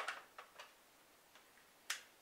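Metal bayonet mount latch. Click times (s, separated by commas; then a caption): 1.9 s. Someone presses the lens release button and twists an interchangeable lens off a DSLR camera body mount. A few faint ticks come before one sharp, bright click at 1.9 s as the lens unlocks and releases from the mount.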